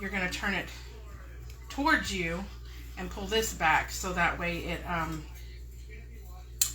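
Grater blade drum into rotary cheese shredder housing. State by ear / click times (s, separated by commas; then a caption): seated / 6.6 s. While someone talks, the blade drum of a hand-crank rotary cheese shredder is set onto its notches in the housing, turned toward the user and pulled back. A sharp, loud click is heard at 6.6 s as the drum locks into place.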